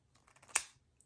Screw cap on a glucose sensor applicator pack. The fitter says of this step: hear it click when you twist and well